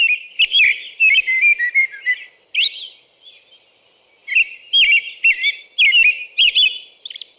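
American robin song of repeated whistled caroling phrases, a brief gap midway, then a fresh run of warbled syllables with faint high squeaks.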